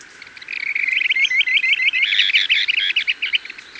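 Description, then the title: Planalto tyrannulet giving a rapid, uneven run of short high chirping notes that builds in loudness and continues for about three seconds. Subspecies brevirostris. "LuckyPassaro Completos2Sama. Planalto Tyrannulet (Phyllomyias fasciatus brevirostris)"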